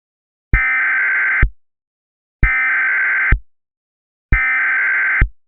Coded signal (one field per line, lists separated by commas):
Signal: Emergency Alert System (SAME) tones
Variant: header bursts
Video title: Unknown Enemy (An EAS Scenario)